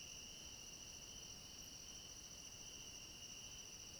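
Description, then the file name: A continuous cricket chorus: even, high, shrill trilling without breaks, over quiet low noise. Chorus of crickets at night. "Coro de grilos a noite com cachorro longe"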